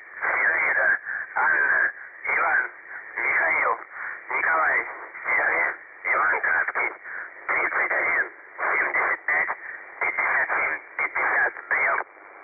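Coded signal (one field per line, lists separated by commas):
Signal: numbers station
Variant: UVB-76, Russian voice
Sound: a male voice over a narrow radio channel reads short words with brief pauses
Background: radio static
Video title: The Buzzer/UVB-76 Voice Message (December 3, 2020 10:10 UTC)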